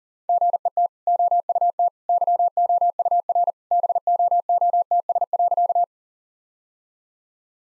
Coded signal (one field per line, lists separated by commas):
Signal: Morse code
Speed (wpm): 37 wpm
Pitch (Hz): 700 Hz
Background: none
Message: GET OUT YOUR BOOTS.